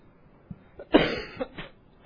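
One harsh, strong cough burst with a few softer throat-clearing sounds around it, from an adult man with a cold whose cough has started again after he seemed to have recovered.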